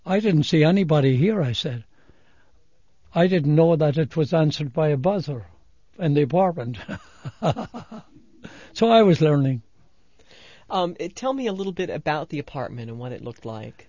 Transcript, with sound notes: I didn't see anybody here, I said. I didn't know that it was answered by a buzzer in the apartment. (laughs) So I was learning.
Tell me a little bit about the apartment and what it looked like.